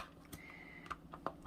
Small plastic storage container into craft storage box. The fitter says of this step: right so that's not clicking in very well so let's pull that out and see if that will help